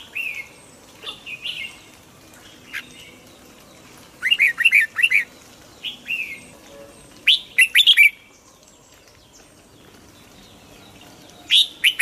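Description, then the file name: Red-whiskered bulbul giving scattered warbled notes, then bursts of rapid chirpy phrases with high clicks, separated by short silent gaps. Hue strain red-whiskered bulbul singing in the double-voice style (giọng kép). "Tieng chao mao hue hot giong kep"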